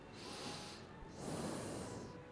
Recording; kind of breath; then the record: one breath in and out by a microphone near the nose and mouth; normal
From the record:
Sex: male